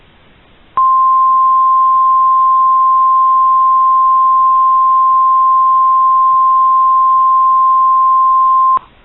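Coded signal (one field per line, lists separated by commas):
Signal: Emergency Alert System (SAME) tones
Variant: 1050 Hz attention tone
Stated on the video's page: Fictional EAS scenario, simulated alert.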